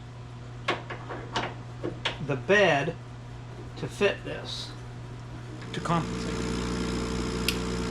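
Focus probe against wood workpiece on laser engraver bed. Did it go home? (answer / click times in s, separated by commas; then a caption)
yes / 7.5 s. Someone talks while the motorized bed of a laser engraver is lowered under a wooden workpiece, and a steady hum runs from about 5.8 s. At 7.5 s the focus probe touches the wood with a short, sharp click, showing the focus height is set.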